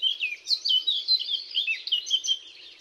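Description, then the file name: Eurasian blackcap delivering a continuous, bright warbling song of rapid looping notes with no pause. "Sylvia atricapilla"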